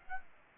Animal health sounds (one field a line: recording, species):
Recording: mosquito wingbeat signal from an infrared sensor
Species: Aedes aegypti